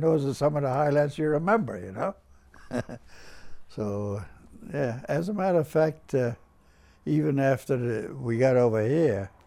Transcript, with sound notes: And those are some of the highlights you remember, you know? (he laughs) So, yeah. As a matter of fact, even after we got over here,